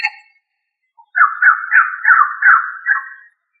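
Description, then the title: Rail call: a loud, rapid run of several notes, preceded by a faint short note. "Familia Rallidae"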